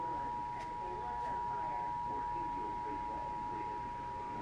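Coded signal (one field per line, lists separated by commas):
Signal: Emergency Alert System (SAME) tones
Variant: 853 and 960 Hz attention tone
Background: speech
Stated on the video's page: Required monthly test relayed in Orange County on broadcast radio and an online stream.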